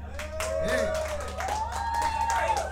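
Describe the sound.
Applause from a crowd at a live concert at Café Köpenick, for the band's guitarist: a steady wash of clapping lasting a few seconds, with sustained tones and a voice rising and falling over it.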